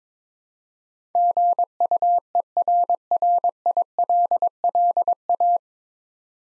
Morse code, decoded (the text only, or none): GUERRILLA